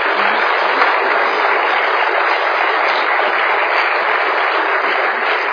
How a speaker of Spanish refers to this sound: Gracias, Raúl. Yo creo que se merece un aplauso el Raúl Pérez.